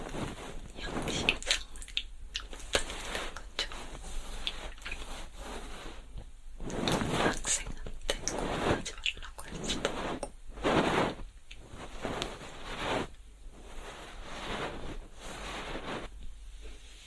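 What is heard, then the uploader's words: Cotton swab ear cleaning, with bursts of soft scratchy rubbing and swishing that come every second or so and swell and fade. The strokes vary in length and strength, with brief quieter gaps between them and a faint steady hiss underneath. Ear cleaning. 3DIO 마이크를 이용한 귀청소!! 앞에는 속닥속닥 수다 많이떨구 뒤에는 점점 말이 줄어갑니다! Cotton swab (면봉).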